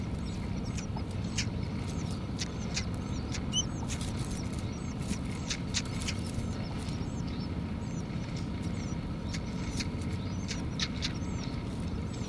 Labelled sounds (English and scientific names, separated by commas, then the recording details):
Willow Warbler (Phylloscopus trochilus)
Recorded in the wild
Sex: female
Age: diverse
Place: Lichtenbergerhöhe, Tübingen, Baden-Württemberg, DE
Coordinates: 48.5147, 9.03611
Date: 1967-06-26 11:18
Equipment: Nagra III PH, MD 421, LGS26
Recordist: Schneider, Hans-Joachim